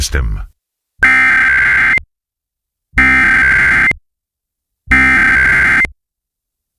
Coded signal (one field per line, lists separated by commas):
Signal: Emergency Alert System (SAME) tones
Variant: header bursts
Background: speech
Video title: EAS #172-173 - 2023 National Periodic Tests + WEA activation